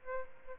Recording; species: mosquito wingbeat signal from an infrared sensor; Aedes albopictus